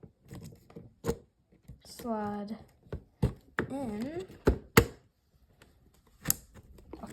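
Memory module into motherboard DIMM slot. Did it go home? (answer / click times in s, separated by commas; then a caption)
partly / 6.3 s. A memory module (RAM) is pushed into a motherboard DIMM slot, with someone talking and a series of sharp taps and knocks as it is pressed in. A single click is heard at 6.3 seconds. Only one click sounds, so the module is not yet fully seated.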